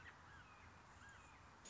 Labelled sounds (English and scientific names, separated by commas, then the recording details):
American Robin (Turdus migratorius)
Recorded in Sonoma County, California